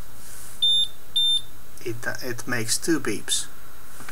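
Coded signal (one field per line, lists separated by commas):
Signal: none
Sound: multimeter's pass/fail beeps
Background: speech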